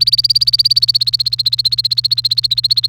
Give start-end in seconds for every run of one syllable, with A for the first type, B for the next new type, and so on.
0.00-2.87 A